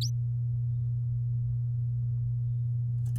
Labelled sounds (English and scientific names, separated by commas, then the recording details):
Domestic Canary (Serinus canaria) song
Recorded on 8 May 2018 at 11:02
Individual llb16